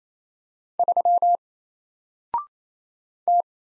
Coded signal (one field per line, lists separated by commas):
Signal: Morse code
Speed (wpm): 27 wpm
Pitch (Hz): 700 Hz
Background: none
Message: 3 T